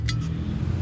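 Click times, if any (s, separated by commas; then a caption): 0.1 s. A square-headed bolt is dropped into the matching square cutout on a metal exhaust tip clamp while installing an AWE 0FG cat-back exhaust on a 2022 Bronco. A single sharp metallic hit at 0.1 s marks the head dropping into the slot over a low background rumble, and the bolt seats and locks into place.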